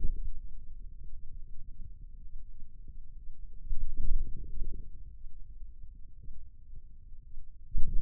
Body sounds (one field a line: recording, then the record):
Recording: forearm muscle sounds (acoustic myography)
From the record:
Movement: outward rotation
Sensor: system 2, bracelet of six BSWA MPA416 microphones around the upper forearm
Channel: 2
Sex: male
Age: 22 years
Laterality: right